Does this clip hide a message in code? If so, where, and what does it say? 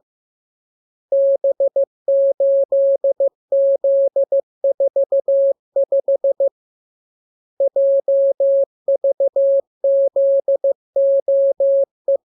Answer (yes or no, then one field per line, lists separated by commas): yes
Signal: Morse code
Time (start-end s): 1.1-12.2 s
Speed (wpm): 15 wpm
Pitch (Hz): 550 Hz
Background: none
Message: B8Z45 JVZOE